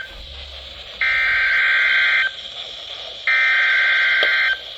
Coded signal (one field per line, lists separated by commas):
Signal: Emergency Alert System (SAME) tones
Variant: header bursts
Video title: ONE OF MY WORST COMPILATIONS OF ALL TIME - EAS Alerts from 04/04/2023-04/05/2023 (EAS #856-885)